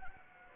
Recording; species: mosquito wingbeat signal from an infrared sensor; Anopheles gambiae